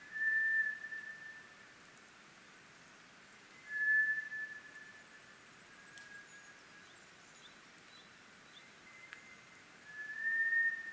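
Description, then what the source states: White's thrush whistling slow, pure, steady notes, three loud ones spread across the recording with softer ones between, plus scattered faint bird chirps. Recorded 24 April 2010 at 04:32.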